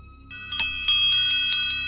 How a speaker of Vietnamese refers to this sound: Từng tiếng chuông dẫn hồn vang vọng.